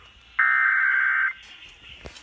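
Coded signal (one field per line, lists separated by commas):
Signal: Emergency Alert System (SAME) tones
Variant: header bursts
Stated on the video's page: Flash flood warning relayed on 96.1 FM and 1020 AM.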